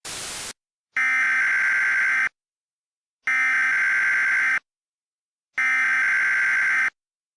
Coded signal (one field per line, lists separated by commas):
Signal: Emergency Alert System (SAME) tones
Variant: header bursts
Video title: EAS Mock 24: Qui Maneant